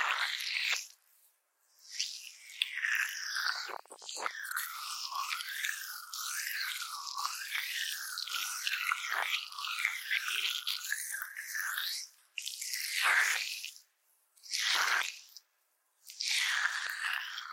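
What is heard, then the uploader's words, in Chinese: Slippery jelly ASMR sounds: wet squishing and slurping with bright, shifting tones, continuous from two to twelve seconds, then three short bursts separated by silences. 滑溜溜的果凍觸發 | Jelly Trigger。NO Talking。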